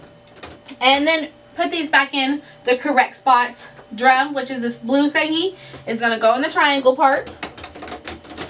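Someone talks while handling the blue plastic imaging drum of an HP MFP M130 laser multifunction printer after clearing a paper jam, getting ready to push it back into its triangle-marked slot. A few short handling knocks are heard near the start and toward the end, but nothing has seated or clicked yet.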